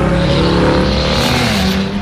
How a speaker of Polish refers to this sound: Tak naprawdę samochody większy hałas powodują, jeżdżąc po nocach, dlatego że ludzie mają pomontowane w drogich samochodach te egzapy.